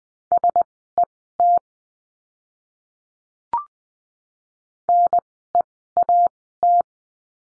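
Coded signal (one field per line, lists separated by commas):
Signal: Morse code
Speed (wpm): 20 wpm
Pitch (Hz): 700 Hz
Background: none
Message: SET NEAT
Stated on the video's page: Morse lesson drill of words with letter R, Farnsworth timing 20/10 wpm.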